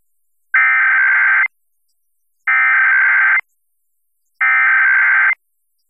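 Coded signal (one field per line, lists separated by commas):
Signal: Emergency Alert System (SAME) tones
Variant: header bursts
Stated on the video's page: National EAS test (NPT) and North Dakota required monthly test, received on FM broadcast stations in Fargo/Moorhead and Minneapolis/St. Paul.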